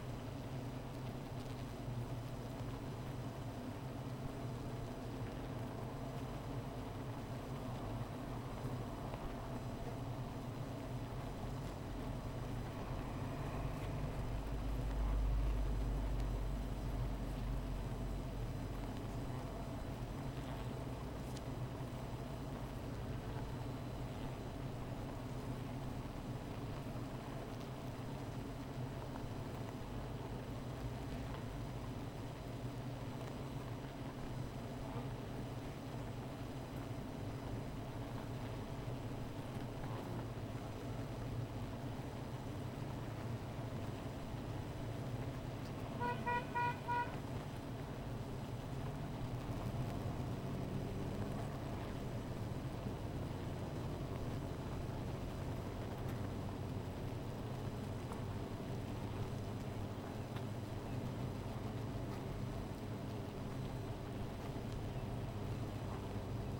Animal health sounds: honeybee colony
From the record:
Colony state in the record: missing queen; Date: 14 July 2017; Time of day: 16:05

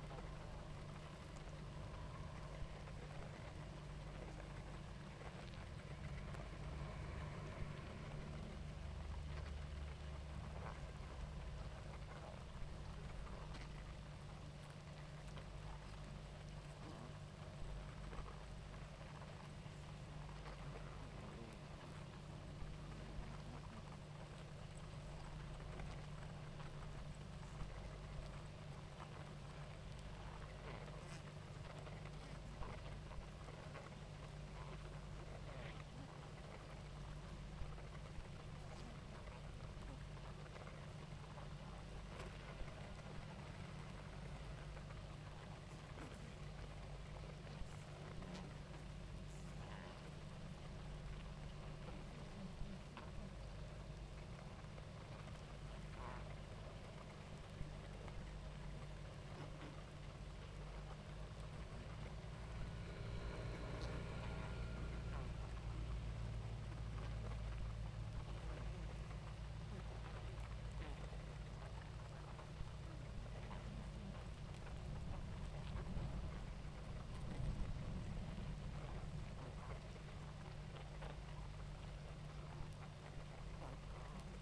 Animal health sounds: honeybee colony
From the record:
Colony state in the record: active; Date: 28 July 2017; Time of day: 19:00

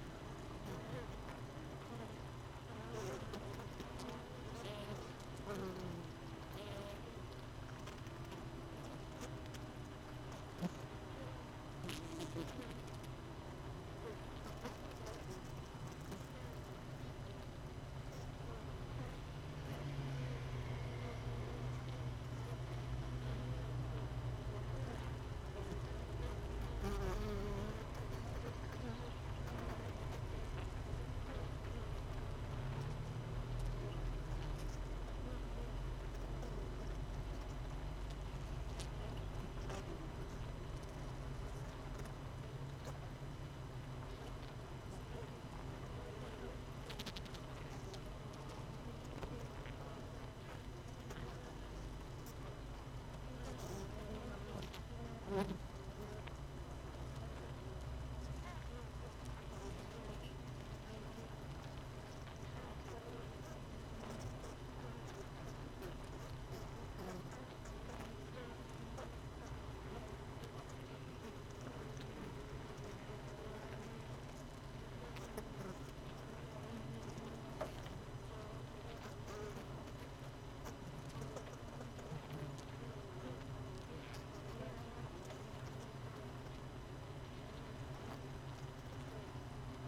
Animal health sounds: honeybee colony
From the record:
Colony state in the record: missing queen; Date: 31 May 2018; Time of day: 16:37

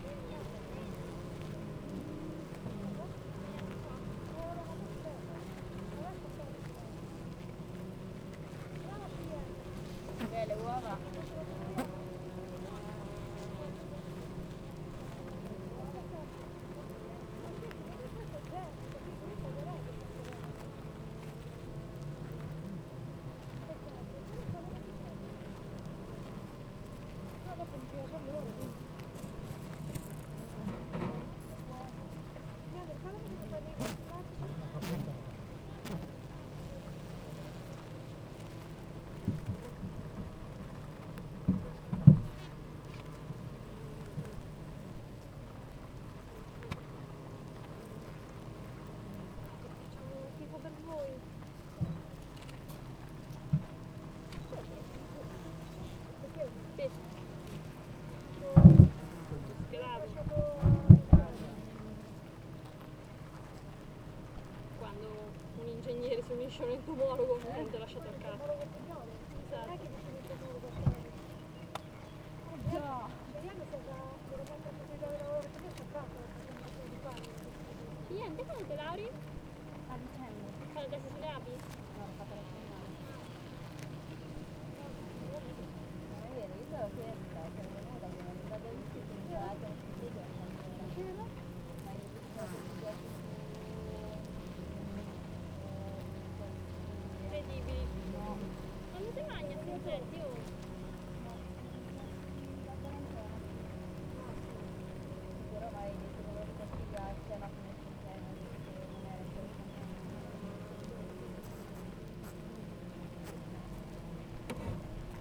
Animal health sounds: honeybee colony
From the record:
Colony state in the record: active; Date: 28 July 2017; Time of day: 9:13

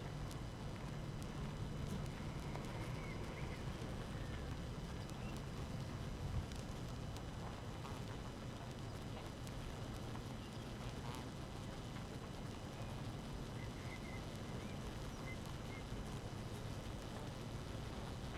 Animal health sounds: honeybee colony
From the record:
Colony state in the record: active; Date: 12 June 2018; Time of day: 5:31

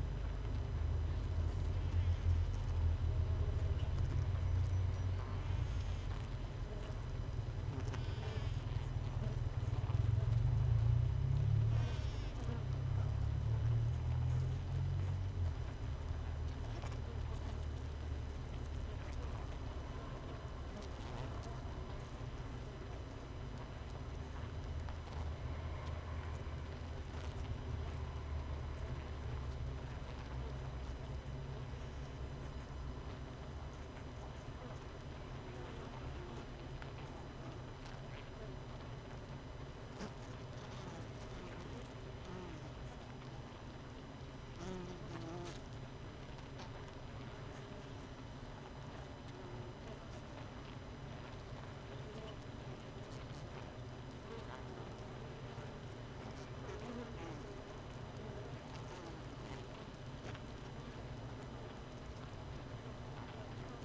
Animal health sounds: honeybee colony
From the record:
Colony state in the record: missing queen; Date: 31 May 2018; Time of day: 5:35

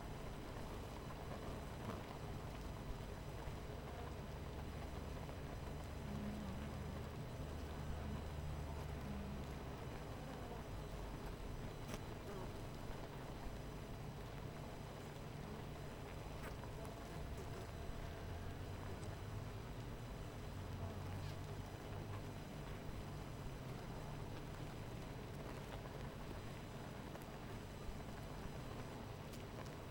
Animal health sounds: honeybee colony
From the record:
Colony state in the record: missing queen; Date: 14 July 2017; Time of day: 18:00

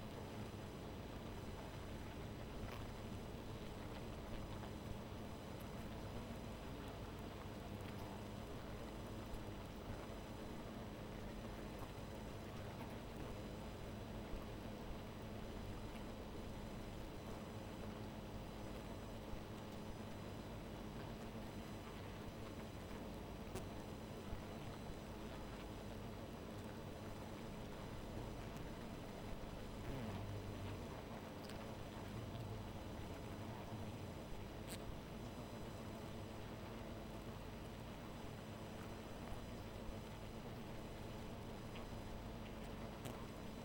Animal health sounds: honeybee colony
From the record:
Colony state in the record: missing queen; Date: 14 July 2017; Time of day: 1:27

